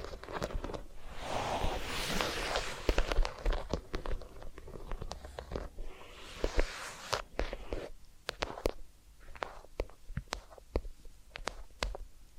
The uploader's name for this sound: Massage, Ear Cleaning and Spa